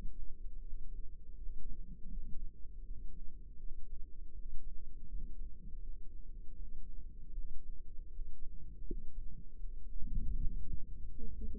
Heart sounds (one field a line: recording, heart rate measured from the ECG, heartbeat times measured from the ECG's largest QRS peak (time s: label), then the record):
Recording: heart sounds by microphone in the left ear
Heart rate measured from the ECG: 80 bpm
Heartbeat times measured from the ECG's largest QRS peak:
0.59 s: heartbeat
1.34 s: heartbeat
2.09 s: heartbeat
2.82 s: heartbeat
3.57 s: heartbeat
4.31 s: heartbeat
5.06 s: heartbeat
5.79 s: heartbeat
6.53 s: heartbeat
7.30 s: heartbeat
8.07 s: heartbeat
8.83 s: heartbeat
9.56 s: heartbeat
10.32 s: heartbeat
11.08 s: heartbeat
From the record:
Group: healthy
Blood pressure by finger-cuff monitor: 121/82 mmHg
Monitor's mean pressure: 97 mmHg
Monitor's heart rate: 80 bpm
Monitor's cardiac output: 4.8 L/min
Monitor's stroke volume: 59 mL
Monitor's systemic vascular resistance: 1490 dyn s/cm5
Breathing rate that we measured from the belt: 17 breaths a minute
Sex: female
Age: 51 years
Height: 162 cm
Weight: 70.04 kg